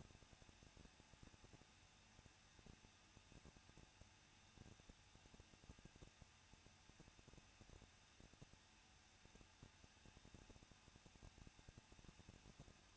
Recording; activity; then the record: daily activity, microphone in the room; no activity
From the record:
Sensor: 2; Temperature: 21.0 degrees Celsius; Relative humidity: 37.5%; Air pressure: 1006.2 hPa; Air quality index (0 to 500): 223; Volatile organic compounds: 25 ppm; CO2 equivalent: 2826 ppm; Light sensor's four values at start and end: 2/3/2/2 and 2/3/2/2